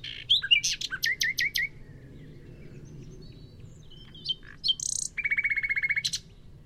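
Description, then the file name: Common nightingale singing: a row of loud, clipped whistles repeated quickly, a quiet gap, then a few brief high notes and a fast, even buzzing trill. "Luscinia megarhynchos"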